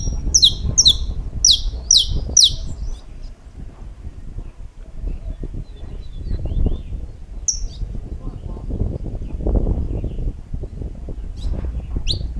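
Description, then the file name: Saffron finch singing a burst of several high, sharp chirps at the start, with a few scattered single chirps later over continuous low rumbling background noise. "Canto-do-Canário-da-Terra"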